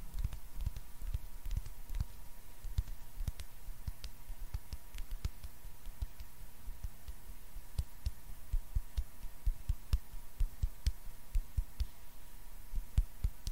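Hands rub, pat and tap in a close, crackly texture, with frequent sharp clicks and soft low thumps scattered unevenly throughout. The activity stays busy and fairly steady for the whole stretch, with no pauses and a faint constant hiss and hum underneath.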